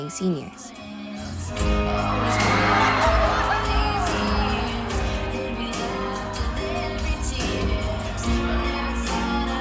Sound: nat sound of senior video playing

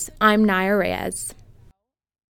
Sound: nat sound of outside

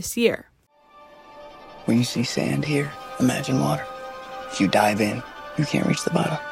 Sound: Dune Part Two Trailer Clip

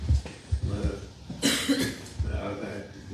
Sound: coughing

